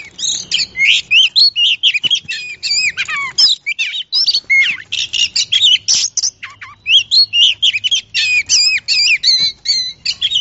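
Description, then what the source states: Oriental magpie-robin singing continuously: dense, loud sequence of slurred whistles, downward sweeps and harsh buzzy notes with barely any gaps. Champion bird singing.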